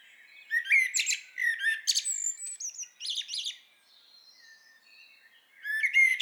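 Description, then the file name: Common blackbird song phrases: a warbled run of rich notes and high twittering, pausing for about two seconds, then resuming near the end. "Turdus merula"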